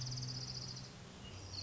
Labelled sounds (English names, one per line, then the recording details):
Orange-crowned Warbler
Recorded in Sonoma County, California